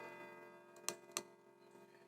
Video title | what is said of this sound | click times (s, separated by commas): Bukan cutter lipat, namun retractable cutter. Milwaukee Side Slide utility knife | sudah terkunci ya dia tidur masuk nggak mau guys ya | 0.9 s, 1.2 s